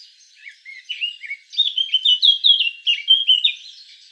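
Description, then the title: Eurasian blackcap song, a soft scratchy warble building into a fast, rich sequence of varied clear whistled notes. "Sylvain Jaskowiak - Mes piafs. Fauvette à tete noire"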